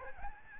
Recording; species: mosquito wingbeat signal from an infrared sensor; Aedes albopictus